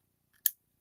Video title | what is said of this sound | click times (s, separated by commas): HOOP FEST DAY FIVE... THE GRAND FINALE!🧵✨❤ | snaps into place and there you go | 0.5 s